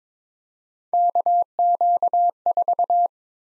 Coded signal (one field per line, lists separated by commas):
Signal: Morse code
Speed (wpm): 22 wpm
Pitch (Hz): 700 Hz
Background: none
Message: KQ4